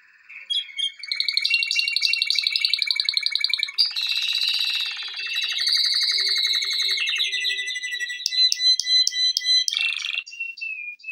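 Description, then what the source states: Canary song: loud, continuous high tours of rapid trills and rolls, shifting between buzzy rattles, sweeter rolling phrases and clipped repeated notes. Intended for training.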